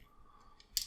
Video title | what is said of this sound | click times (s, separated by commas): Nemesis Transforms Mastermind Creations R-48 Optus Pexus | You want to slide that down till it clicks. | 0.8 s